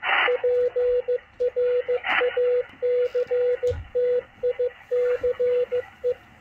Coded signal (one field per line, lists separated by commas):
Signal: Morse code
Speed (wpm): 15 wpm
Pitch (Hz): 490 Hz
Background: radio noise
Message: PRACTICE